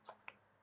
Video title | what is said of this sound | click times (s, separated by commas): RAM Upgrade on 1st intel MacBook Pro | just make sure it clicks into place | 0.3 s